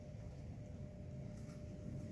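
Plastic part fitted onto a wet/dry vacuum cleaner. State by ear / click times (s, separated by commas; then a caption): not seated / none. A plastic part is being fitted onto a Parkside wet/dry vacuum cleaner, with one side hooked in before it is pressed down. A steady low rumble and faint hum fill the clip, with a brief sharp sound right at the end around 2.1 seconds. Nothing has seated or clicked into place yet.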